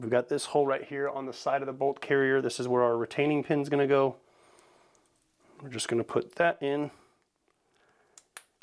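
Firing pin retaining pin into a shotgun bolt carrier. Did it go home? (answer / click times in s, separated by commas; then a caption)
yes / 8.4 s. Someone talks, then a firing pin retaining pin is inserted into the side hole of a Remington Versamax shotgun's steel bolt carrier. Small faint taps lead into a sharp click at 8.4 s as the pin is pushed all the way down and seats, holding the firing pin in.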